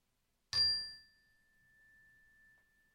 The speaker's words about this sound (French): Et quand vous l'avez décidé, au son de la cloche, eh bien vous revenez tranquillement.